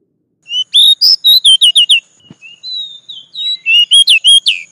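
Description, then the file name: Oriental magpie-robin song: rapid runs of clear, slurred whistled notes, a short pause, then another fast rich phrase. "Tieng chich choe than dat"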